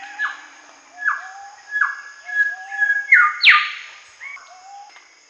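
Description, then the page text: Golden whistler singing rich whistled notes that swell in loudness to an explosive whip-like crack past midway, followed by softer, lower whistles; constant faint high-pitched hiss behind. "Golden Whistler Song. Quick Sounds"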